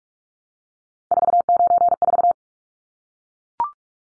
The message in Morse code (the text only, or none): 494